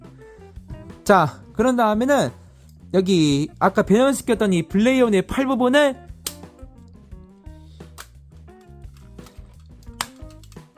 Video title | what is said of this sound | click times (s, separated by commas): [#합체 #메탈카드봇W] 메탈카드봇 시리즈 TOP 1! 그랑블루레온!!!! 최고의 디자인과 가동률을 지닌 최강의 임페리얼 도킹!! (ft. 역대 블루캅 합체 시리즈와의 비교) | 식으로 딱 소리가 날 때까지 이렇게 한 곳으로 모아놔 주세요. | 6.3 s, 10.0 s